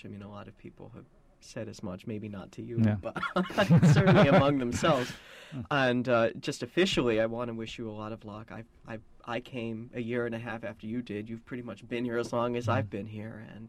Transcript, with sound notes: I mean, a lot of people have said as much, maybe not to you butt certainly among themselves. (Both laugh) And, just officially, I want to wish you a lot of luck. I came a year and a half after you did, you've pretty much been here as long as I've been here